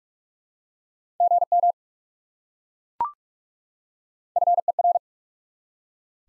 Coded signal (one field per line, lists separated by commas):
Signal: Morse code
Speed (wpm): 43 wpm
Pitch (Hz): 700 Hz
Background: none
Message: GM FER